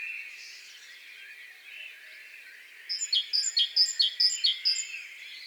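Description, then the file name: Great tit song begins partway through: several clear, high two-note phrases repeated briskly, over a steady background hiss. "Parus major"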